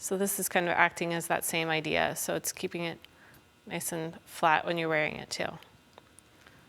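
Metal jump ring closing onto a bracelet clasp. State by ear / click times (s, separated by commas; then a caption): seated / 6.2 s. A small metal jump ring is closed with pliers on a charm bracelet clasp, bringing the two wire ends together while someone talks. After the talking stops, faint quiet ticks follow, and the ring ends click closed at 6.2 seconds, seating the jump ring on the clasp.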